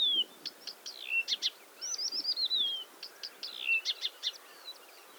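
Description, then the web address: Blyth's reed warbler song: a varied, unhurried stream of sharp clicks, chirps and a long wavering descending whistle, phrases repeated in short bursts. "Struikrietzanger graszanger-acrocephalus-dumetorum"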